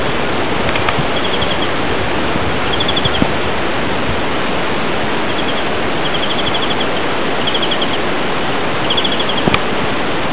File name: Carduelis chloris song